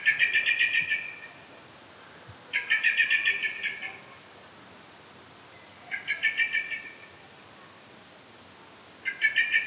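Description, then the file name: Common blackbird chattering in quick rattling runs of clipped notes, four bouts a few seconds apart. "Turdus merula"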